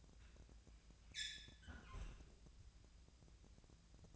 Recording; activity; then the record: daily activity, microphone in the room; close fridge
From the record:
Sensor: 2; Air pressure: 999.9 hPa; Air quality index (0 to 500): 124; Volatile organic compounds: 2 ppm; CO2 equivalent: 1066 ppm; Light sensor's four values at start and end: 29/72/31/34 and 29/72/31/34